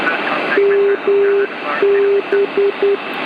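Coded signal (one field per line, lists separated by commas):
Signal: Morse code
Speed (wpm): 10 wpm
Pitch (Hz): 400 Hz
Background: radio noise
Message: MB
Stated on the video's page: Morse received on a Yaesu FRG-7, a 1970s HF communications receiver.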